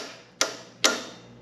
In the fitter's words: there's my click so now that we're going to come over here we're going to come over